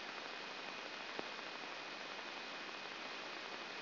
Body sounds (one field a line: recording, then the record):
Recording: brain microelectrode recording played as sound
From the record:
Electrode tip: outside the subthalamic nucleus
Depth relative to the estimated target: -3 mm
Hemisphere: right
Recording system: AlphaMap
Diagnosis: Parkinson's disease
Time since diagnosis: 12 years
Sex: female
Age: 47 years